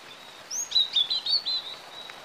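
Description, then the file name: European robin song: a brief high, thin whistled phrase of quick sliding notes over a steady faint high tone, then a pause. "Erithacus rubecula"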